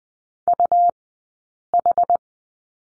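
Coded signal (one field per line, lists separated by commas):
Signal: Morse code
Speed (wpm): 20 wpm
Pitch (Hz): 700 Hz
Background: none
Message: UH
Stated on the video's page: Morse code course lesson on the letter U, two-character practice, Farnsworth speed 20/10 wpm.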